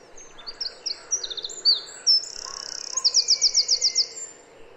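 Wren song: a rapid run of high twittering notes that breaks into a quick, regular trill.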